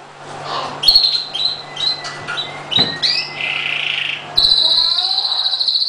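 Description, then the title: Oriental magpie-robin song of mixed whistles, squeaks and a harsh scratchy note, then a steady rapid buzzing trill. "Kicau Kacer Durasi Panjang 1jam Lebih"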